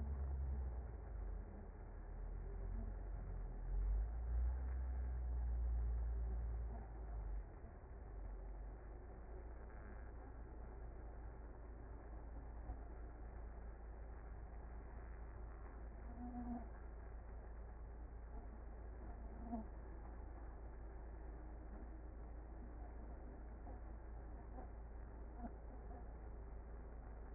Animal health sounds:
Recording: honeybee colony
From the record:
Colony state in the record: active

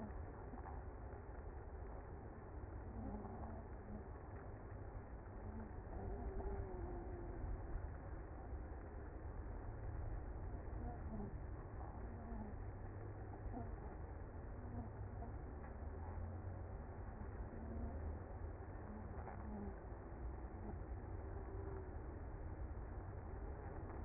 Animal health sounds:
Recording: honeybee colony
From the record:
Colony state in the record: active

